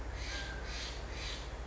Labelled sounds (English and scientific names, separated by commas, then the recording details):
Steller's Jay (Cyanocitta stelleri)
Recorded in Sonoma County, California